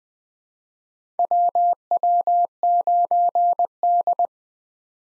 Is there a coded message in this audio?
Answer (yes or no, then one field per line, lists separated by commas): yes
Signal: Morse code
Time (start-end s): 1.2-4.3 s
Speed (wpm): 20 wpm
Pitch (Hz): 700 Hz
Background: none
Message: WW9D